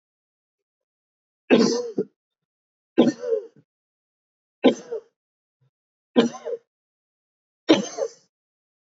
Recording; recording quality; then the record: heavy voluntary cough; excellent, no background noise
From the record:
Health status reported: healthy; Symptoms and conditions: diabetes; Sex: male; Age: 57 years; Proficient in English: yes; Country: India